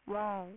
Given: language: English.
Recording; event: throat vibration sensor signal played as sound; speech